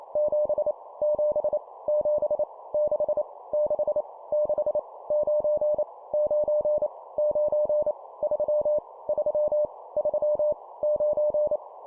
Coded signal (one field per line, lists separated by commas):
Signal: Morse code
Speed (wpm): 28 wpm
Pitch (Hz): 600 Hz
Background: none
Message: 7 7 7 6 6 6 9 9 9 3 3 3 9